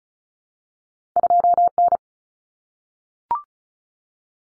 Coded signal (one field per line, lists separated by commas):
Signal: Morse code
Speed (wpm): 34 wpm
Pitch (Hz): 700 Hz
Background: none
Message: 2N